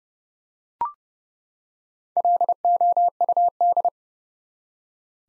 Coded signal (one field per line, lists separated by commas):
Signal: Morse code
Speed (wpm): 31 wpm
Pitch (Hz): 700 Hz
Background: none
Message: LOUD